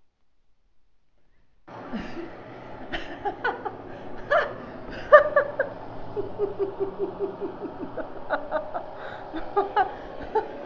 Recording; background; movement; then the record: laughter; traffic; sitting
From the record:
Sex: female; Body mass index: 21.8 kg/m2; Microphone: on the chest, facing outward